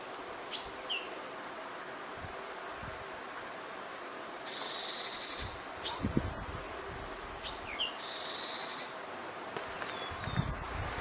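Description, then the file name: Great tit calls: sharp high chirps mixed with two harsh, buzzy rattling phrases about a second long, over a faint low background hum. "Parus major"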